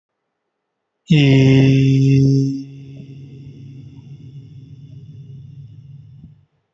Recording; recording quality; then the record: sustained vowel as in beet; excellent, no background noise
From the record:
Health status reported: healthy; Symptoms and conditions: none ticked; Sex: male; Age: 27 years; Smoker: not ticked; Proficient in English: yes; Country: India